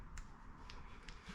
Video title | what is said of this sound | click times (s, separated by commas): Customizing the Holley 19-350 Fuel Pump Kit to have Dual 340LPH Pumps | slip these in the orientation you want So Hear a click | 0.2 s, 0.7 s, 1.1 s